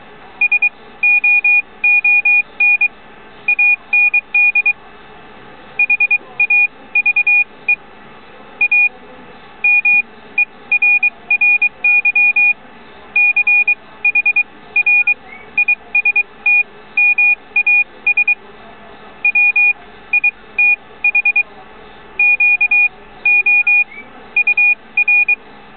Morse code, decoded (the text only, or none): SOON AND HAVE A MERRY CHRISTMAS WITH QOUR